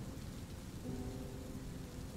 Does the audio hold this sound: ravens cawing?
no